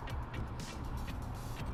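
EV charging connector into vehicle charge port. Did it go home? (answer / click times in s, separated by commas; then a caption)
no / none. An EV charging connector is handled at the level 1/2 charge port of a Kia Niro as it is brought in to be pushed home until it latches. A steady, low-rumbling broadband background with a few brief soft bursts of higher hiss is heard. Nothing has seated or clicked yet.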